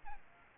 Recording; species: mosquito wingbeat signal from an infrared sensor; Aedes albopictus